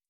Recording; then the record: hydrophone in a shrimp aquaculture tank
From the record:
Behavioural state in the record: starved